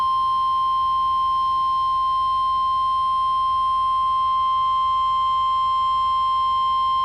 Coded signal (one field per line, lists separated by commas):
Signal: Emergency Alert System (SAME) tones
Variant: 1050 Hz attention tone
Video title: EAS #2637-2638 Flash Flood Warning on KWO39 and KZZ81 7-28-23